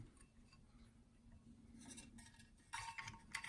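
A declination drive motor, its pinion pushed toward the gear, is being fitted back into its metal seat in a telescope base. Quiet handling rustle and a low hum give way to louder scraping from about 2.7 s, with sharp ticks and clinks near 3.0 s and 3.4 s. Nothing has seated or clicked into place yet; the clip ends just before the motor goes home.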